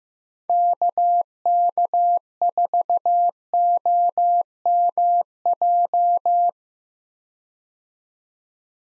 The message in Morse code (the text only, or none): KK4OMJ